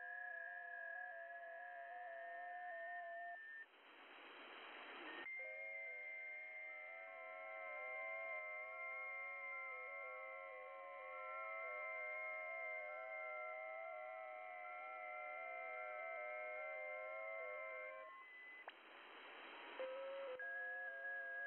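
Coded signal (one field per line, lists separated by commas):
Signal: FT8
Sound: many soft steady whistling tones at once, slowly stepping, about 13 seconds, then hiss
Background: radio static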